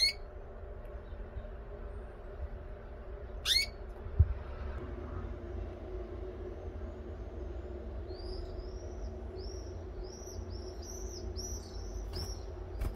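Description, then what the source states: Canary chirps, two rising notes early on, followed later by a run of quick, thin, high twittering notes over a low hum. Female bird.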